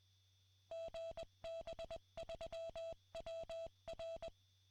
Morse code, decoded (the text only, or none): GB3WR